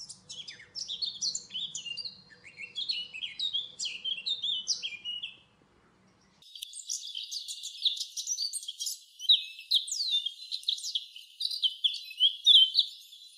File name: chant fauvette a tete noire sylvia atricapilla